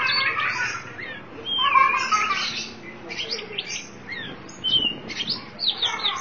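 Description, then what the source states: Oriental magpie-robin song, varied whistles and buzzy chirps in quick phrases. Chirping song (kicauan) of the bird.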